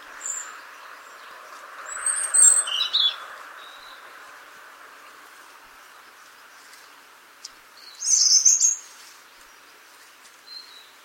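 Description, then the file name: European robin song, a short high tinkling phrase, long pause with soft background hiss, then another bright burst of high notes and a faint chirp. "Erithacus rubecula"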